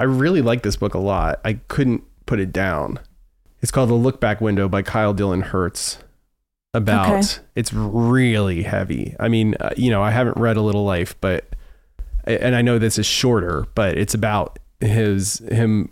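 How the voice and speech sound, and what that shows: A man speaks fluently and casually about a book, with natural pauses and occasional slight creak; ordinary conversational speech.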